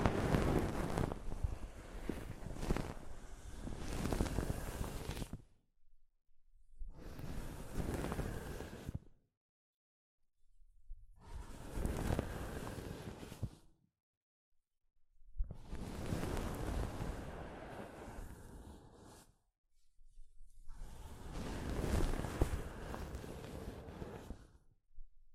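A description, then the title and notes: Soft fabric brushes across a microphone in five rustling bursts of several seconds each, rough and full, separated by short silent gaps. ASMR Mic Brushing using Soft Fabric (No Talking).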